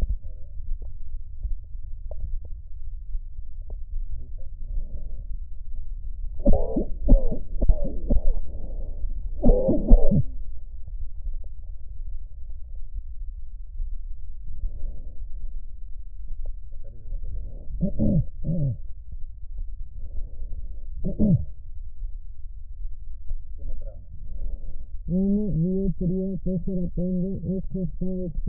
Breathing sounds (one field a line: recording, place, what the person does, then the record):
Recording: lung sounds by stethoscope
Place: trachea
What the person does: quiet breathing, then cough and speech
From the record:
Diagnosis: pulmonary infection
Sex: female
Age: 74 years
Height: 160 cm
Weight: 66 kg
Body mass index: 25.8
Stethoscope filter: extended mode